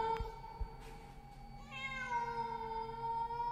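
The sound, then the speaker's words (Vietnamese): A green-eyed cat, touched by a man's hand in the dark at night, lets out a long, drawn-out meow that rises into a strained, hissing wail, preceded by a couple of soft thumps, with no one speaking. “Thằng Tuất còn đang lim dim mắt để nhìn xem thì hắn nhìn thấy vật mềm mềm ấy mở đôi mắt xanh lè lè, rít lên một tiếng meo làm cho hắn rợn cả người.”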